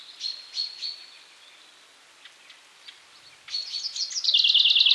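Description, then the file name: Common chaffinch, a few high thin chirps, a quiet gap, then high calls from about three and a half seconds leading into a fast bright trill near the end. "Fringilla coelebs"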